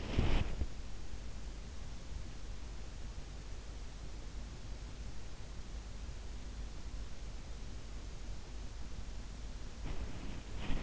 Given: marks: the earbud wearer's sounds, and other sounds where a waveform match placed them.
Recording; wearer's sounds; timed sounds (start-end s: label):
sounds in sleep by an in-ear microphone; body movement
0.00-0.77 s: body movement
9.86-10.83 s: body movement